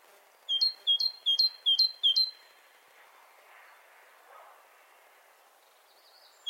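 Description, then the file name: Great tit singing five quick phrases, each a lower note joined to a higher upswept one, then near silence with soft background hiss. "Parus major"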